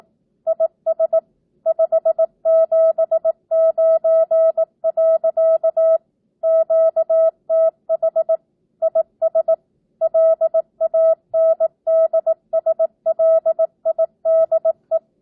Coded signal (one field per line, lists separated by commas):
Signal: Morse code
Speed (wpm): 18 wpm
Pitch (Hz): 650 Hz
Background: none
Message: IS 579. QTH IS LANDSLIDE